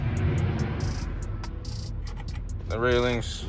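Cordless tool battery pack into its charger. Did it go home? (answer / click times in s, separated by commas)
no / none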